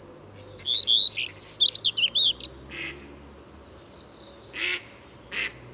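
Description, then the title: Common redstart song: a longer warbling phrase of looping, whistled notes, then soft noisy bursts, over a low hum and a steady high-pitched tone. Returns in April; sings from a conspicuous, fairly high perch on a tree or roof; breeds in forest. "Rougequeue à front blanc"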